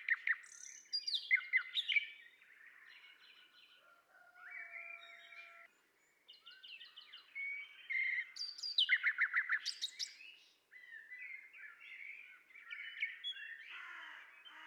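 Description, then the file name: Common nightingale song with varied phrases: rapid clicking repeats, flat buzzy notes and loud stuttering bursts, with brief pauses between. "Luscinia megarhynchos"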